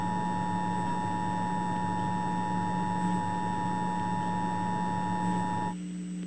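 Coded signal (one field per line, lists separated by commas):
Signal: Emergency Alert System (SAME) tones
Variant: 853 and 960 Hz attention tone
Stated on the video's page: Fictional EAS scenario combining a tornado warning and a nuclear missile emergency.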